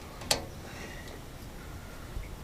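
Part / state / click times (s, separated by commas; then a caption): fuel line quick connector onto fuel fitting / seated / 0.3 s. A fuel line quick-connect fitting is worked onto its fuel fitting nipple and pushed all the way in, giving one loud, sharp click at 0.3 s. The quick connector is seated.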